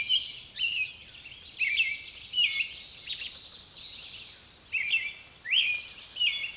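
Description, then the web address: Songbird song: clear high whistled phrases in short bursts with brief pauses between. "Nature Songs Nature Sounds Sounds of Nature Collection Songbirds"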